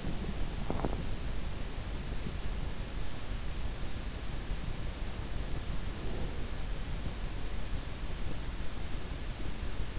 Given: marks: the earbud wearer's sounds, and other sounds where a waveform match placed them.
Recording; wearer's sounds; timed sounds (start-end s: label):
sounds in sleep by an in-ear microphone; teeth grinding
0.00-0.99 s: teeth grinding